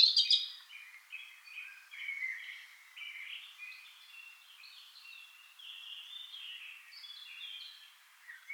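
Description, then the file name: European robin song, a sharp high start followed by a long, even stream of soft, rippling warbled notes at moderate volume. "Erithacus rubecula"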